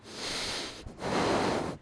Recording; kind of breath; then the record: one breath in and out by a microphone near the nose and mouth; deep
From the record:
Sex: male